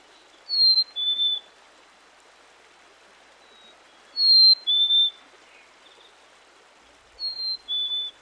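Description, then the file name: Black-capped chickadee song: pure two-note whistles, high then a step lower, repeated three times roughly every three to four seconds against quiet background hiss. Male black-capped chickadee song, sung mostly in spring and distinct from the chickadee-dee call; territorial song driving off an intruding male while his mate is on the nest. "Dan Gibson s - Nature Trails 1991-04 Black-Capped Chickadee"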